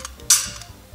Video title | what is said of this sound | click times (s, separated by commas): DIY - FABRIQUER UNE ECHARPE SANS SAVOIR TRICOTER | il fait clic. | 0.3 s